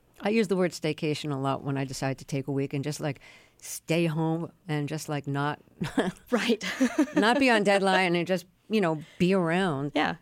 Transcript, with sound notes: I use the word staycation a lot when I decide to take a week and just, like, stay home and just, like, not (laughter)...
Right (laughter)...
...Not be on deadline and just, you know, be around.